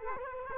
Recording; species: mosquito wingbeat signal from an infrared sensor; Culex quinquefasciatus